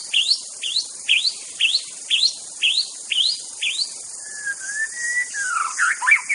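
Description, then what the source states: White-rumped shama song: sharp rising whistled notes repeated about twice a second, then a long level whistle and a tumbling burst of varied notes. Wild bird from the forest.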